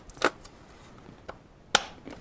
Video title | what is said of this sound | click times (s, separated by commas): Saab 9-7x Seat Side Panel Replacement | then we're going to snap in the other module and once you've got that snapped in | 1.8 s